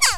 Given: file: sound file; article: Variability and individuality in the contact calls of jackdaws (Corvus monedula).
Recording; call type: jackdaw call; harmonic